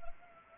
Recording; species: mosquito wingbeat signal from an infrared sensor; Anopheles arabiensis